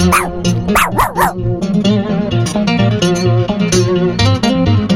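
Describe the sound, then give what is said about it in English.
A dog gives a quick run of four sharp, rising-and-falling barks in the first second or so, over steady, loud music with a deep bass line that keeps playing. “See if I can play a tune that he can have a good old howl on today.”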